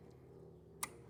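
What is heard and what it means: A small plastic safety lock clip is placed over the top of a fuel line coupling on a 2000-2006 GM truck or SUV during an oil sending unit replacement, then pushed in until it snaps on. A single sharp, bright click rings out at 0.8 s over a steady low hum, and the clip is seated.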